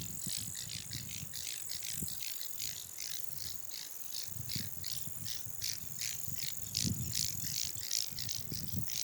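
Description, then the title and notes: Bush crickets and grasshoppers chirring: a string of scratchy pulses over a continuous thin high whine, with low rumbling. Wild insect chorus in Khustain Nuruu National Park, a biosphere reserve 100 km west of Ulaanbaatar, Mongolia, dated 16.08.30; thought to represent the park's ten bush cricket and 29 grasshopper species. "Khustain National Park. 16.08.30. Khustain Nuruu National Park. some of the 385 species of insects can be heard in this clip. It sounds like a fair representation of the ten species of bush cricket and 29 of grasshopper"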